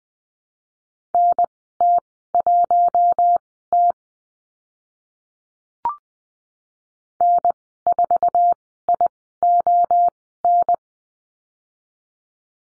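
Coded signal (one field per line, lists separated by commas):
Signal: Morse code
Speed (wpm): 20 wpm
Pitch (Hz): 700 Hz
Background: none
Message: NT1T N4ION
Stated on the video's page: Morse code course lesson on numbers and call signs at Farnsworth speed 20/10 WPM.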